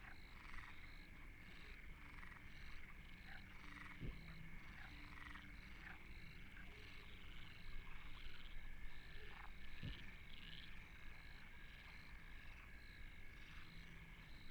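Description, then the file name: Frogs in a dense croaking chorus, rapid rasping pulses running almost continuously, with two sharp clicks and a low rumble beneath. Frogs recorded at Deltebre in the Ebro Delta. "Postpaisatge Granotes Deltebre"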